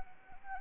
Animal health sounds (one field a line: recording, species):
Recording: mosquito wingbeat signal from an infrared sensor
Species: Anopheles arabiensis